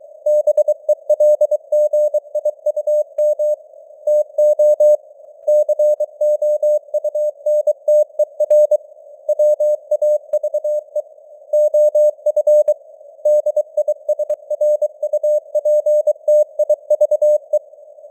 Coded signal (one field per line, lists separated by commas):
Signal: Morse code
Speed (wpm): 23 wpm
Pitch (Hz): 600 Hz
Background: none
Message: BELGIUM TO COUNTER WAVE OF DISRUPTIVE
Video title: Morse Code News | 2025-11-10 | 23wpm